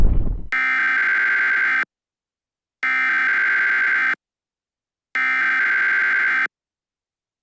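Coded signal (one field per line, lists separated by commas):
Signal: Emergency Alert System (SAME) tones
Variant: header bursts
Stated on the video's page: Fictional analog horror recreation of an EAS alert.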